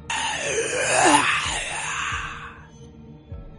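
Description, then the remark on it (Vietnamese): An eerie, breathy moaning sigh drawn out for about two and a half seconds, its airy hiss carrying a wavering, rising-then-falling tone as it lingers through a living room, before fading into low rumbling quiet. “Nhưng trong khoảng thời gian yên tĩnh ngắn ngủi đó, một tiếng thở dài khiến cho đám người rùng mình đột nhiên xuất hiện và quanh quẩn trong phòng khách.”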